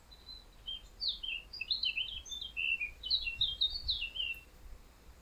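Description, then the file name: Eurasian blackcap giving a rapid, jumbled warble of high chirps and short twittering phrases, nearly continuous for five seconds over a low background rumble. "Sylvia atricapilla"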